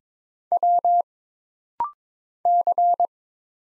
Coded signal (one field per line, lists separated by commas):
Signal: Morse code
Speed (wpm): 22 wpm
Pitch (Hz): 700 Hz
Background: none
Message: W C